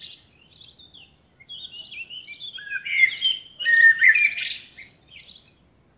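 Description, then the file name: Eurasian blackbird song of varied warbled notes that grow louder, ending in a dense burst of high squeaky twittering. "Turdus merula"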